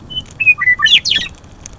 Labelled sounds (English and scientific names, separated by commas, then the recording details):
Western Meadowlark (Sturnella neglecta)
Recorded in Sonoma County, California